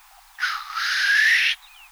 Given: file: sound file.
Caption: a hissing call of male Black grouse from Czech Republic